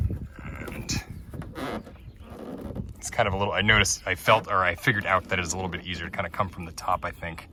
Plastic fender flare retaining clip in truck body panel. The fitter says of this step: next you just sort of pry this thing off carefully obviously but uh just kind of get in there kind of hear it click